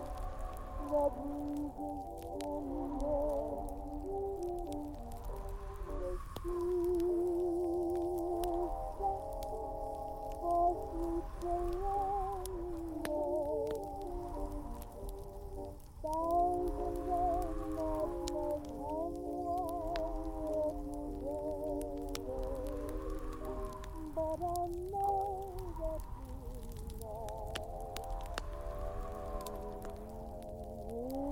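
Wind moans and whistles in layered, sliding tones that rise and fall in waves throughout, with a low rumble underneath. Fire crackles and snaps scatter over it at irregular moments. The level stays fairly steady across the whole stretch.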